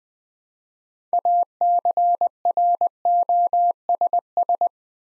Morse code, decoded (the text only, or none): ACROSS